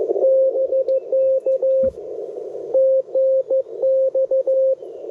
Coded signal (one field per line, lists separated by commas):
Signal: Morse code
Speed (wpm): 19 wpm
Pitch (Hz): 530 Hz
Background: radio noise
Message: BK TNX